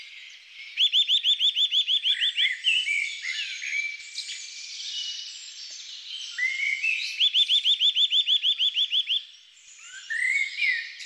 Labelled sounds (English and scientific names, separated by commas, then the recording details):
Eurasian Nuthatch (Sitta europaea) song
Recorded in the wild
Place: Lilienhof / Kaiserstuhl, Baden-Württemberg, DE
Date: 1999-04-03
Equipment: MiniDisc Sony MZ-R35, Telinga DAT, Telinga-Parabolspiegel
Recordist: Schwarz, Dieter
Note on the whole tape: Song